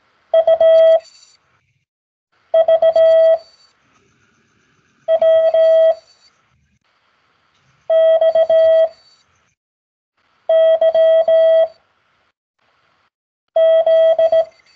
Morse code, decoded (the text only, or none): UVWXYZ